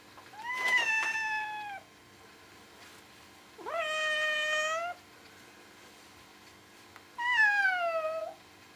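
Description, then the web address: Cat meowing three times, each meow long and drawn out, the first falling slightly, the second holding level, the last dropping more clearly; quiet pauses in between. "hilamanor. Cat"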